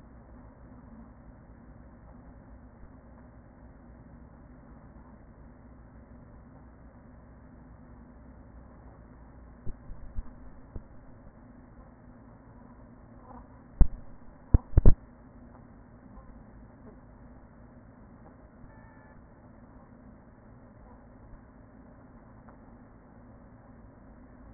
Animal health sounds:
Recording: honeybee colony, microphone inside the hive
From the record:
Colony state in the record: queen present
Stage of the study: after two queens were removed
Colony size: about 40,000 bees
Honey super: no

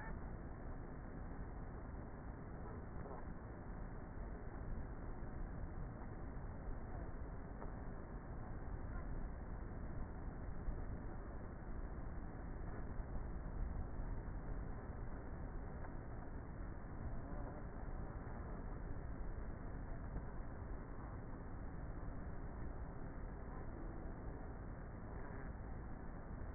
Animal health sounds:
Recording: honeybee colony, microphone inside the hive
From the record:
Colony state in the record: queenless with a low population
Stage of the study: before two queens were removed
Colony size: about 30,000 bees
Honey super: no

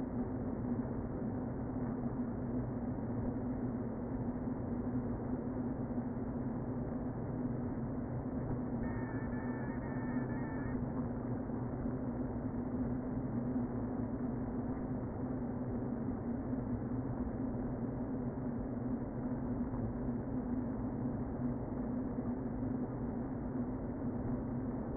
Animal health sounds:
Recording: honeybee colony, microphone inside the hive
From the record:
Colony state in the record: queen present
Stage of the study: before two queens were removed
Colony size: about 60,000 bees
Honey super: yes

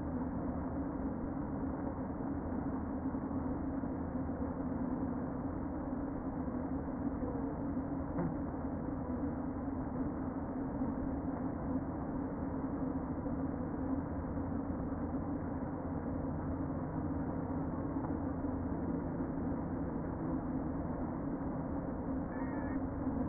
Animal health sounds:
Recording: honeybee colony, microphone inside the hive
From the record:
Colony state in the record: queen present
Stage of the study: before two queens were removed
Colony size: about 60,000 bees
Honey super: yes

